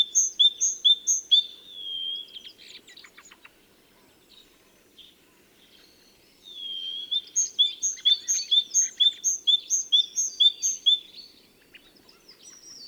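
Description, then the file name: Great tit with short bursts of repeated high, clear note pairs, a scratchy interlude and a silent gap, then a longer rhythmic series of ringing phrases. "Parus major"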